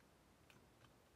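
After the film is rewound, the hinged back door of a Canon T50 manual-focus, auto-exposure film SLR is opened by pulling up the rewind knob, releasing the latch on the camera body. A faint, sharp click is heard at 0.5 s, followed by a softer tick at about 0.9 s. The back door pops open.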